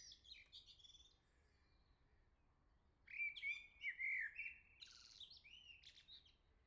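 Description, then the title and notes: Common blackbird song: after quieter high twitters, a loud fluting phrase of warbled whistles, ending in a thin, scratchy high flourish. "Le Merle salue l'été, 3 Gd Rue de Chassagne, 17220 La Jarrie, France. Quel Sol!!!! pour saluer l'arrivée de l'été ce matin! Merci Jolie Merle de tes vocalises à proximité!"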